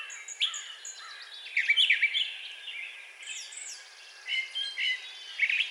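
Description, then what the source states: Brown thrasher: varied chirped and whistled song phrases in short bursts. Recorded 4 June 2020.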